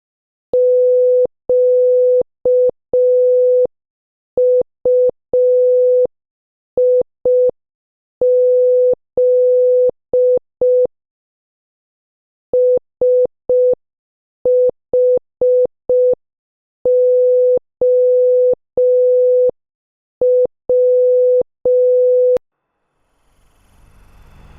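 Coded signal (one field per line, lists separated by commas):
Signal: Morse code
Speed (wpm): 5 wpm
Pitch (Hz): 500 Hz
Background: none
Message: QUIZ SHOW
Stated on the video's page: Morse practice at 5 wpm, sending movie names as a guess-the-movie sentence drill.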